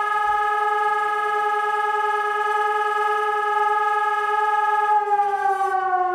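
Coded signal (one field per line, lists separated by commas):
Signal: siren signal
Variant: German Feueralarm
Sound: loud steady buzzing siren tone that starts to fall slightly in pitch near the end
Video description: Monatliche Sirenenprobe der Feuerwehrsirenen in Bad Honnef am 26.08.2017 um 12 Uhr mit dem Signal "Feueralarm".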